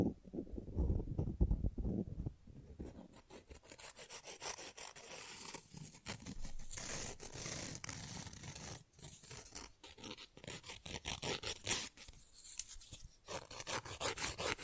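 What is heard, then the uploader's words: Fast, rough nail filing with quick back-and-forth rasping strokes that stay dense and bright through most of the fifteen seconds. The first two seconds carry a heavier, lower rubbing, and brief pauses break the strokes near nine and twelve seconds. Fast & Rough Nail Filing + Tapping.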